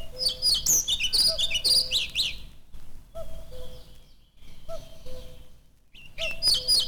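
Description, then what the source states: Redwing song: fast, scratchy high twittering at the start and end, with quieter notes between. Drawn-out whistling; the whistled trill is followed by something quiet and indistinct; heard in overgrown forest clearings.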